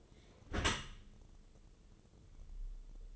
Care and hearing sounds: daily activity, microphone in the room; close dishwasher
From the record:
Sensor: 4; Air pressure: 1015.8 hPa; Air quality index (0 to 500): 103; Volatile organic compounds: 2 ppm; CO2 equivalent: 1153 ppm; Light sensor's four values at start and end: 8/19/7/7 and 8/18/7/7

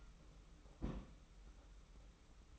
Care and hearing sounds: daily activity, microphone in the room; place on stove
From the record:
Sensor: 1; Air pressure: 991.0 hPa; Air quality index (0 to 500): 92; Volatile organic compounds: 34 ppm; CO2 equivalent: 3042 ppm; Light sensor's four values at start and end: 35/115/45/46 and 35/115/45/46

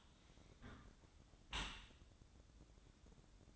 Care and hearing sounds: daily activity, microphone in the room; close dishwasher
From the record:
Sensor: 3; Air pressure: 1012.3 hPa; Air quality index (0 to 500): 166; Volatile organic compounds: 2 ppm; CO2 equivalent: 1273 ppm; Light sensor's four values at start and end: 573/1411/583/586 and 570/1404/580/582

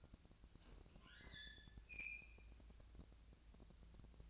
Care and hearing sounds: daily activity, microphone in the room; open fridge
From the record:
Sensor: 2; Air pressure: 999.9 hPa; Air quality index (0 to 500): 124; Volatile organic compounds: 2 ppm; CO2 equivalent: 1064 ppm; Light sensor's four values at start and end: 27/67/29/32 and 27/67/29/32

